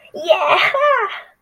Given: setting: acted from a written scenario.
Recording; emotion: vocal sound without words; triumph